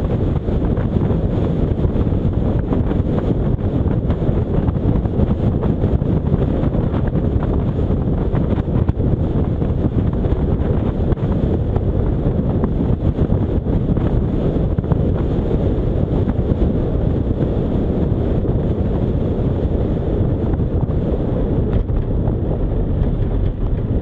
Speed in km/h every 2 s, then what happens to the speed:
67, 65, 64, 63, 61, 63, 61, 58, 57, 48, 29, 27.
0-24 slows to 27.